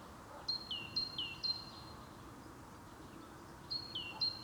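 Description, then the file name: Great tit song: a few crisp high-low note pairs, a pause, then a few more, high-pitched and clear over a soft noisy background. "Parus major"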